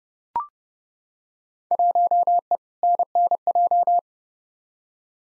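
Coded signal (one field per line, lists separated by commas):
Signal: Morse code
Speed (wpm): 31 wpm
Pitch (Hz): 700 Hz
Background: none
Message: 1E NNJ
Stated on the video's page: Field Day exchange head-copy drill at 30wpm, each exchange sent in Morse, spoken, then sent again.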